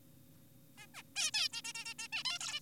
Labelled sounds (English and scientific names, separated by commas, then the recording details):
Zebra Finch (Taeniopygia guttata)
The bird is an adult
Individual g4p5U